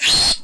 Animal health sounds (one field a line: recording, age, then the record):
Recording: pig call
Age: piglet (1 to 25 days)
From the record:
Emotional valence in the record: negative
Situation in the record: restrain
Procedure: sham castration, cut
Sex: male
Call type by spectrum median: high-frequency call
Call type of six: high-frequency modulated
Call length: 0.43 s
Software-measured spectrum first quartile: 3425 Hz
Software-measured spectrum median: 4317 Hz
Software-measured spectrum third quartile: 6622 Hz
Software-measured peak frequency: 4252 Hz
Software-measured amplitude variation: 97 dB a second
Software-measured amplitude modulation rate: 12.7 a second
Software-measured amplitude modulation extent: 7.6 dB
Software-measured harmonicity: 4.7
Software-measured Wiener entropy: -2.23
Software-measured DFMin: 909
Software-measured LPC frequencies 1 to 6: 801, 1844, 2712, 3397, 4238, 5083 Hz